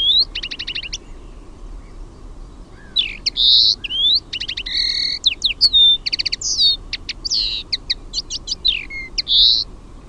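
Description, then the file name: Common linnet song: a brief opening phrase, a pause, then a long varied twitter of rapid trills, chirps, buzzy nasal notes and short whistles, with steady low hum behind. "HEMPPO"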